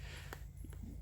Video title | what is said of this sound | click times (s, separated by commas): Surviving Together Ep. 11 - Should Gary Buy A Fimi Palm | it does have a nice feature where you can lock the phone into place by turning it vertically and it clicks into place but | 0.3 s